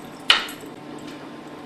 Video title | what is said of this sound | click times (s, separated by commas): Safe Use Circular Saw | Reset the foot stop by pulling the mushroom head out until you hear a click. | 0.3 s